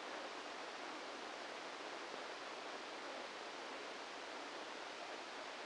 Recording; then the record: brain microelectrode recording played as sound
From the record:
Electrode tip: inside the subthalamic nucleus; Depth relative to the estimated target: -2 mm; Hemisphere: left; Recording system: NeuroSet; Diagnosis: Parkinson's disease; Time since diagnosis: 14 years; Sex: male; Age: 51 years